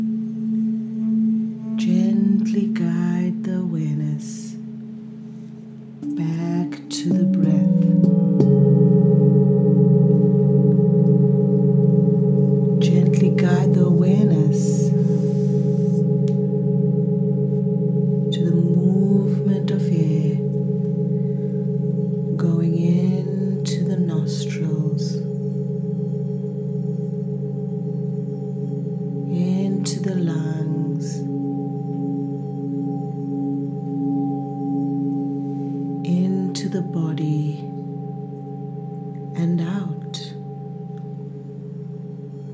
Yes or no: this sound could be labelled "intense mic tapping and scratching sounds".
no